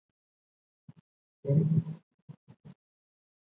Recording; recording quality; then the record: sustained vowel as in made; poor, much background noise or distortion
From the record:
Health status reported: COVID-19 positive, mild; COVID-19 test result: positive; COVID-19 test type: RT-PCR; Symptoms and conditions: cough, fever, fatigue, muscle pain, asthma, hypertension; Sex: male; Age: 28 years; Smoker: no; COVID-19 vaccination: both doses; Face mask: worn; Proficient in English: yes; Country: India